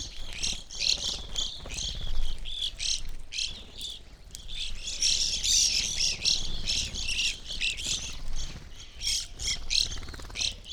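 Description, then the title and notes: Evening grosbeaks calling as a flock, a continuous stream of overlapping high chirps with soft rustling and low background rumble. Flock of birds feeding on sunflower seeds at a backyard feeder hanging in a birch tree; relatively warm winter morning; McCloud, Siskiyou County, California; recorded with two microphones on either side of the tree trunk. "I recorded this at my home in the small town of McCloud in Siskiyou County, California. It was a relatively warm winter morning, and a flock of Evening Grosbeaks was busily eating a breakfast of sunflower seeds from a feeder hanging from the branch of a birch tree in my backyard."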